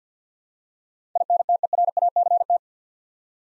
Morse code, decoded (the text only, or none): INTERACT